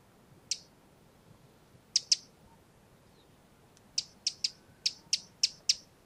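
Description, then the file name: Eurasian wren giving dry, clicking tick calls, first single and paired, then in a faster run of several near the end. "Troglodytes troglodytes"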